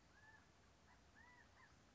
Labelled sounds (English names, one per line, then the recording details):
California Quail
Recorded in Sonoma County, California